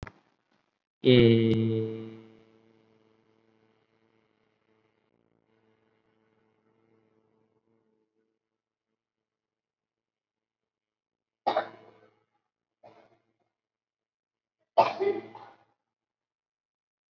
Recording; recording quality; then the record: sustained vowel as in made; moderate, slight background noise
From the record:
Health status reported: COVID-19 positive, mild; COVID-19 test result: positive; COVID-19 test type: RT-PCR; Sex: male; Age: 30 years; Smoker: no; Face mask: not worn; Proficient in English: no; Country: India